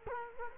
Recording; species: mosquito wingbeat signal from an infrared sensor; Culex quinquefasciatus